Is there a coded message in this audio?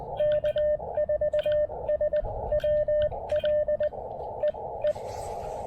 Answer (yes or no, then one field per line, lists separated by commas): yes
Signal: Morse code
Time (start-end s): 0.2-4.9 s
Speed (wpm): 19 wpm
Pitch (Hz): 600 Hz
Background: radio noise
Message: K4SWL E E